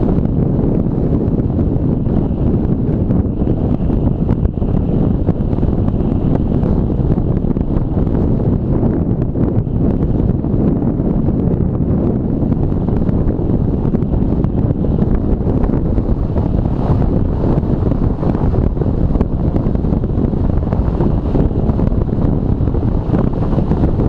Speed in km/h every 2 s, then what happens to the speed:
22, 22, 22, 22, 22, 22, 22, 21, 21, 21, 21, 21.
0-24 steady at about 22.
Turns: none.